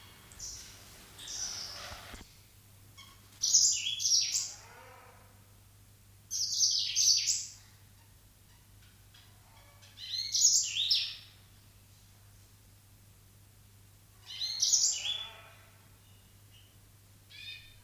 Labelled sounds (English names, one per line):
Yellow-fronted Canary song